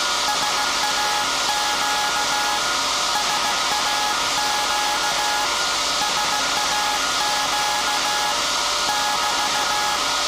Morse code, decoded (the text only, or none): SAQ SAQ SAQ <BT>